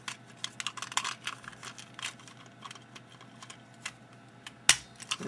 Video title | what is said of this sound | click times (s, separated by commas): POWER RANGERS MEGAFORCE BUILD A MEGAZORD HAPPY MEAL TOYS SET | then this tab right here goes into that hole snaps | 4.7 s